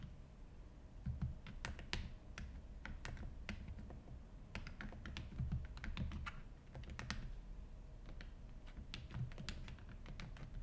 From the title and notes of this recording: ASMR Office [ROLEPLAY] Typing, Paper, Clicking sounds.